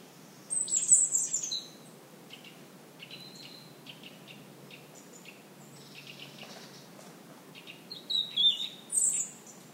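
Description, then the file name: European robin delivering a rich, high warbled phrase, a scatter of soft thin notes, then a closing burst of sharp, bright trills. "Erithacus rubecula"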